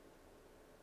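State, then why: Not seated. A wiring harness connector is pushed onto the ignition coil of a BMW 3 Series engine during a spark plug replacement, with its small locking tab rocked over the top. Only a steady, faint broadband hiss is heard, with no sharp sounds. Nothing has clicked or seated yet; the connector is not yet home.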